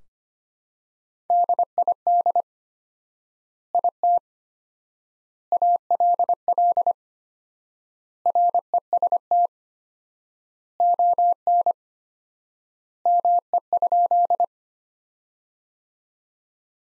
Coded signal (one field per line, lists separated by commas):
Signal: Morse code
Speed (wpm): 25 wpm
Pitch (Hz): 700 Hz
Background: none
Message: DID IT ALL REST ON ME?